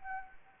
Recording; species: mosquito wingbeat signal from an infrared sensor; Anopheles gambiae